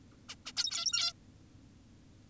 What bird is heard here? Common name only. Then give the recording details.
Zebra Finch. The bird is an adult. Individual g17y2U